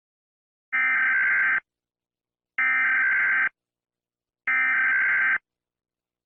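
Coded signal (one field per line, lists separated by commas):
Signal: Emergency Alert System (SAME) tones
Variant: header bursts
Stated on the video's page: Fictional dark EAS scenario, full version.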